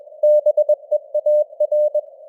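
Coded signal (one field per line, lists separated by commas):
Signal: Morse code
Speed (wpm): 21 wpm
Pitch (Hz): 600 Hz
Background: none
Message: BEAR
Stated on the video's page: Morse code news headlines at 21 wpm with simulated radio noise and varying signal strength (QSB).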